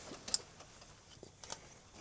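During an engine air compressor change on an MCI D4505, the red locking tab on an engine sensor harness connector is pushed over after the connector is clicked in. The tab snaps into place with a sharp click at 0.3 s, followed by a softer tick around 1.5 s, and the connector is seated and locked.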